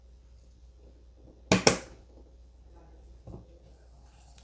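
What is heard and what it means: A first DDR4 memory stick is pressed down with both thumbs into a motherboard DIMM slot until the retention latch snaps. Two sharp clicks are heard at 1.5 and 1.7 seconds over a quiet hum, followed by a faint knock near 3.3 seconds. The stick is seated in the slot.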